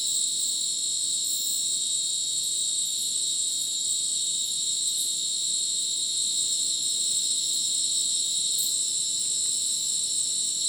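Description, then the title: Crickets fill the air with a layered, continuous shrill chorus, occasional brief pulses punctuating the steady high trills. Rainforest at Madidi National Park, Ucumari, Bolivia, after sunset; very dense insect chorus likened to a polyrhythmic electronic concert; AT BP4029 microphone, MixPre 6 recorder. "Madidi National Park, Ucumari, Bolivia - Supersonic Crickets in the rainforest"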